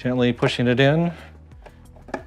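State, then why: Seated. Someone talks for about the first second while a Chevy SSR wheel cap, lined up with the valve stem location, is gently pushed in along its edge onto the retaining ring tabs. After a few faint ticks, a sharp snap at 2.1 s marks the cap seating onto the wheel.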